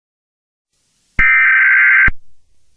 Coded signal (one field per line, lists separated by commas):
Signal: Emergency Alert System (SAME) tones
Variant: header bursts